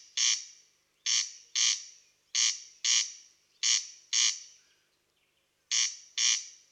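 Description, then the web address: Corn crake repeating harsh, scraping two-note calls at an even pace, with one longer pause before the calling resumes. "tydzien eko MEDIA Derkacz"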